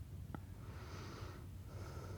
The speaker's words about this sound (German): Atmen Sie ein.